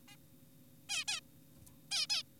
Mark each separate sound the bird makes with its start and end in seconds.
0.08-0.16, 0.89-1.04, 1.08-1.20, 1.92-2.07, 2.10-2.23